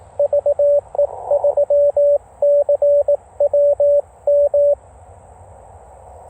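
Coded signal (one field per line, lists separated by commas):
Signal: Morse code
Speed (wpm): 20 wpm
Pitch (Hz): 590 Hz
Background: radio noise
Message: VE3CWM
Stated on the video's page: CW Parks on the Air QRP activation using a 17-foot RandoWire portable antenna, with rapid contacts.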